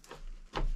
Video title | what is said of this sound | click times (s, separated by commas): SHIPPING CONTAINER TOUR - ECOFLOW Power Kit Installation OFF GRID LIVING Solar Panels #ad | the only part it's going to go in is this one which is also labeled AC out so click that in | 0.6 s